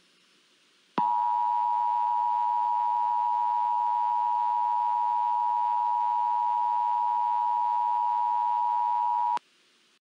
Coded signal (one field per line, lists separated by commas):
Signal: Emergency Alert System (SAME) tones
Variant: 853 and 960 Hz attention tone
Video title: EAS Scenario #3: literal fire storm